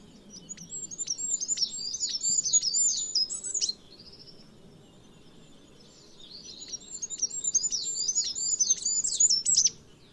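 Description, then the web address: Bird twittering in two bursts of fast high chirps with a quieter gap between, over a steady low rumble. "Bird Only"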